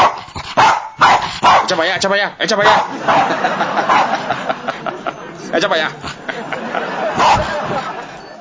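A dog barks and yips in a quick, uneven series of sharp, loud bursts, with rougher growling vocal sounds woven between them throughout.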